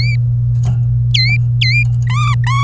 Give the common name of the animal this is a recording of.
Domestic Canary